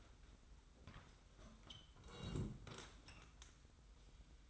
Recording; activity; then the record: daily activity, microphone in the room; sit down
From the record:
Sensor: 3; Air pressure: 990.5 hPa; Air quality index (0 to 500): 172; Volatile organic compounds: 1000 ppm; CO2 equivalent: 5580 ppm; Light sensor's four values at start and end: 40/93/38/37 and 40/94/38/37